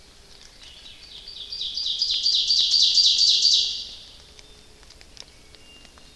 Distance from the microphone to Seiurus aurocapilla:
about 15 m